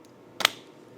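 A steel snap ring (circlip) is worked over a CR250 dirt bike transmission shaft and snaps into its groove to retain a gear. Against a quiet background with a faint tick near the start, a sharp, bright metallic snap rises at 0.4 s and peaks at 0.5 s, then fades quickly. The circlip is seated in the groove and the gear is now retained.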